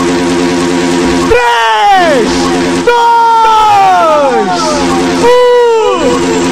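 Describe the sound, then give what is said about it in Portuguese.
A crowd of a live audience at a beer festival (Festa da Cerveja) show lets out three loud bursts of screaming on cue from the stage, each shriek sliding downward in pitch, over a steady, continuous backing sound. “Quem tem uma vizinha fofoqueira, dá um grito!”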